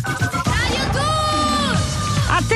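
A concert crowd in Dublin roars and applauds steadily at the opening of a live performance, while piercing whistles cut through, with one long, wavering whistle in the middle rising above the dense clapping and cheering.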